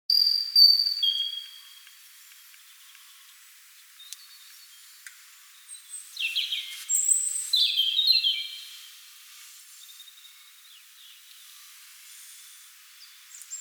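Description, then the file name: European robin singing thin, high, drawn-out whistles, then a jumbled cascade of sharp trills and twittering notes after a quiet gap, with a faint background hiss. "Erithacus rubecula"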